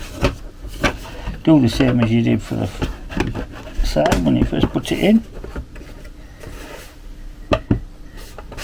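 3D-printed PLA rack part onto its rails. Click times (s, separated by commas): 7.5 s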